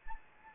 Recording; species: mosquito wingbeat signal from an infrared sensor; Anopheles arabiensis